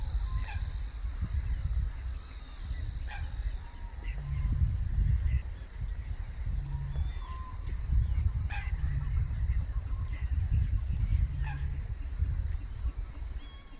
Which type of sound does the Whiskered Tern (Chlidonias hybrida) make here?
call